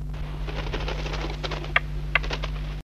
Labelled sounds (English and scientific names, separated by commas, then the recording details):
Crimson-breasted Shrike (Laniarius atrococcineus) call
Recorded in captivity
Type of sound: call
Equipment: Halbspur, 9,5 cm/s
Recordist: Lütgens, Hans
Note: warnt im Netz